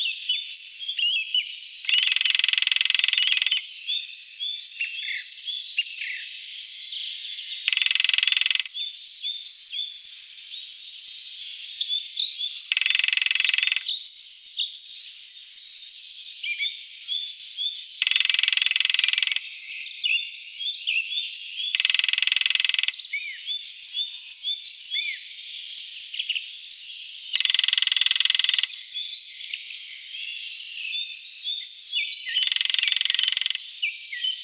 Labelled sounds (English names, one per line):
Lesser Spotted Woodpecker drumming